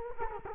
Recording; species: mosquito wingbeat signal from an infrared sensor; Culex quinquefasciatus